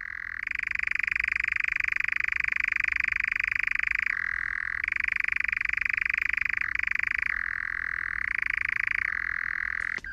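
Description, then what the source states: European nightjar churring, a continuous dry trill that drops briefly in pitch a few times before resuming. Continuous rising and falling churring; nocturnal, rarely seen; also called goat sucker; Irish name likens the sound to a spinning wheel; summer visitor to Ireland from African wintering grounds.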